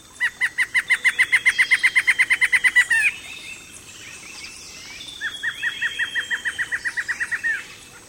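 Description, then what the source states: Black-hooded Antshrike calls: a rapid run of many notes that ends sharply, followed by a second, quieter series of similar notes. Two birds calling deep in a thicket, early morning around 8 a.m., in mixed tropical and temperate forest in Costa Rica, heat and humidity rising.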